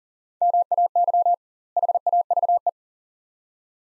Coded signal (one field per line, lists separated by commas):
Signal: Morse code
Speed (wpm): 39 wpm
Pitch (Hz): 700 Hz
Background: none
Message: MAY HAVE